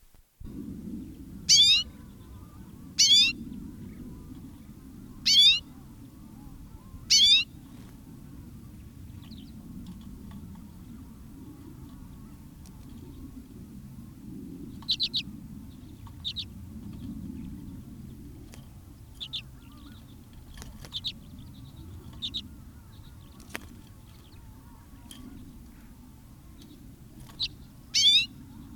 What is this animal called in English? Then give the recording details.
Common Redpoll. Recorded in captivity. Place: Putgarten, Insel Rügen, Mecklenburg-Vorpommern, DE. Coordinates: 54.678, 13.427. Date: 1978-01-08. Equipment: Nagra III BH, Sennheiser MD 21, parabola. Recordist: Schubert, Michael. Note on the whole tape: Gekäfigter Birkenzeisig (Carduelis f. flammea) natürliches Locken